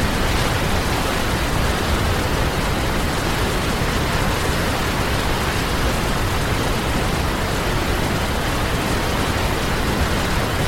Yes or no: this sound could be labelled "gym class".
no